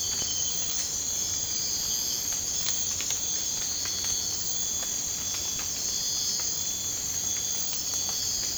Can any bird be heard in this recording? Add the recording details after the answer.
no. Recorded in secondary vegetation near Puerto Asís, Putumayo, Colombia, on 24 March 2025 at 02:00. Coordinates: 0.485, -76.322. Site G040